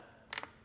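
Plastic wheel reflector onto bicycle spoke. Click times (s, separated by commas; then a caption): 0.3 s. A plastic bicycle wheel reflector's two prongs are pressed around a spoke and snap on with a sharp click at 0.3 s, followed by two quicker, fainter clicks. The reflector is seated snugly on the spoke.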